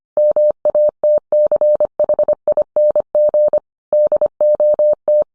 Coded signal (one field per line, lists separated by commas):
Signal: Morse code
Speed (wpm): 25 wpm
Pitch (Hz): 600 Hz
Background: none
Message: MATCHING DOT